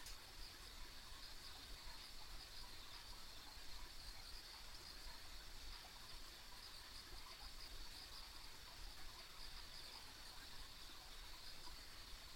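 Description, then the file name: Insects keep up a continuous high trilling chorus, with a steady low rumble beneath. Ambient insect sounds on a country road. "田舎道の虫の環境音"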